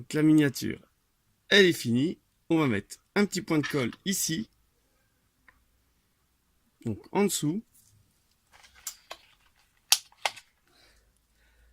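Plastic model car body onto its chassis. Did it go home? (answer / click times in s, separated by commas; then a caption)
yes / 9.9 s, 10.3 s. Someone talks, then the plastic body of a finished miniature model car is pressed onto its chassis from underneath, after a small dab of glue, with faint handling noises. Sharp snaps at 9.9 s and 10.3 s mark the body clipping in, and it is confirmed clipped in all around, not to be opened again.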